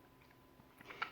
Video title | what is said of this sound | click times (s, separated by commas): Assemblage, Désassemblage du Bruni BF75 (réplique du CZ 75) | on tire un petit peu la place à l'arrière voyez j'ai entendu un petit clic en étant le cure-dent se désolidarise | 1.0 s